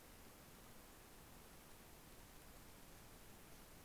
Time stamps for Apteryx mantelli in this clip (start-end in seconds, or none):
none